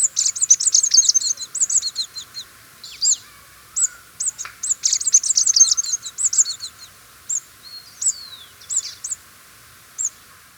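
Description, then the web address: Scrub tanager giving high, thin chittering calls in rapid bursts, pausing now and then, with single sharp notes spaced out toward the end. Ecuador. "Birds of Ecuador. Scrub Tanager"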